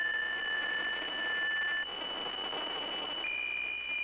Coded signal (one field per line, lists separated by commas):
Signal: PSK63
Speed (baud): 62.5 baud